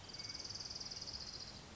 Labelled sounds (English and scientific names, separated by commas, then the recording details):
Orange-crowned Warbler (Leiothlypis celata)
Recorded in Sonoma County, California